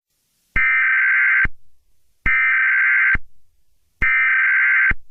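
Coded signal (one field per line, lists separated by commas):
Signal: Emergency Alert System (SAME) tones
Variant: header bursts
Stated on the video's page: Fictional Emergency Alert System scenario about a fire in Chicago, not a real alert.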